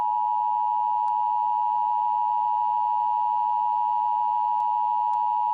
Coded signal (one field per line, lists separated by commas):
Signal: Emergency Alert System (SAME) tones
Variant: 853 and 960 Hz attention tone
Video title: EAS Scenario (#2) - ENTER SANDMAN